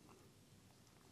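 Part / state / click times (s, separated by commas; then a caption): folding knife blade in a multitool handle / not seated / none. The outside knife blade of a compact multitool is being opened from its folding handle, with only soft, low handling noise heard throughout. The level jumps sharply in the final instant as the clip cuts off at 1.2 s, but the blade has not yet locked into place and nothing has clicked.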